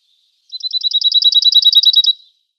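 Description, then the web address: Cirl bunting giving one rattling trill of quick paired notes that swells slightly in loudness and ends abruptly after under two seconds. "Schulze Peter Cirl Bunting song"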